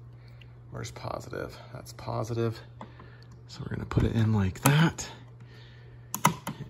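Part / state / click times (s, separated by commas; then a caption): battery into smoke detector battery compartment / seated / 6.1 s, 6.2 s. A new battery is placed into a smoke detector's battery compartment with the correct polarity while someone talks. It is pressed in and snaps into place with sharp plastic clicks at 6.1 and 6.3 seconds, seating the battery.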